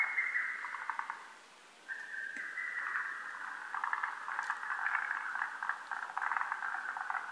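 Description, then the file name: Lesser cuckoo song: whistled phrases of rapid staccato notes run almost without a break, with a short pause early on. Recorded on 12 June 2010. "hototogisu 20100612"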